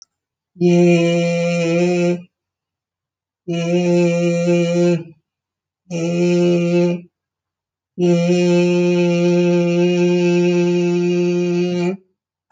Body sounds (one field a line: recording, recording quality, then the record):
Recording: sustained vowel as in made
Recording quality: excellent, no background noise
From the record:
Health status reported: healthy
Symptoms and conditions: hypertension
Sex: female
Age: 66 years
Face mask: not worn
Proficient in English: yes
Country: India